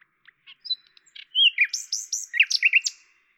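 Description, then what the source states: Common nightingale singing a varied phrase: soft scattered notes building into loud slurred whistles and quick chattering notes at the end. Recorded at Lavours, France, on 10/05/1998 with a Tascam DAP-1 recorder and Télingua microphone, edited in Samplitude 5.1.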